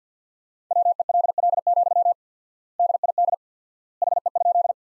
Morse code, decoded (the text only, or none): WELL, DID HE?